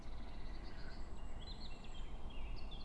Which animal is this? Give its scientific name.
Sylvia atricapilla